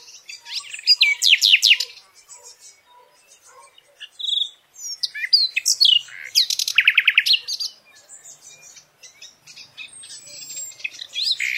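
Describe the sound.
Nightingale song of varied bursts: rapid falling chirps, a brief pure note, then fast stuttering trills and scratchy phrases separated by short quiet gaps.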